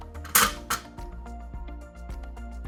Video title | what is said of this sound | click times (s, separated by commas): Vertical Sheer Shade Installation - Sun Glow | the head rail, and we snap it in like so. | 0.4 s